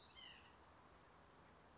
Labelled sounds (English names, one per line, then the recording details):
White-breasted Nuthatch
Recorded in Sonoma County, California